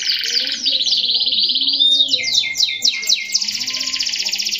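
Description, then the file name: Canary song mixing buzzy rolls, a thin pure whistle, swooping slurred notes and a dense, rapid high trill at the end. "kenari robin hood. omkicau"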